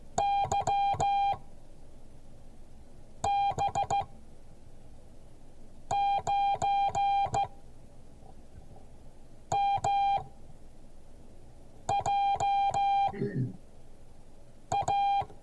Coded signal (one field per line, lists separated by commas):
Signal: Morse code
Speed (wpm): 15 wpm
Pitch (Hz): 800 Hz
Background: speech, music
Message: YB9MJA